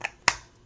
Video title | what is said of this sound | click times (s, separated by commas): SolaraGem Crystal Fusion Light Initial Light Setup | this snaps right in here so that's what we're going to achieve i'm going to start back from the beginning | 0.3 s